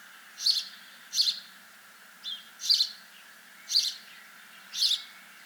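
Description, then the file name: House sparrow chirping: six short, harsh chirps at uneven gaps, over a steady high hiss. "Passer domesticus"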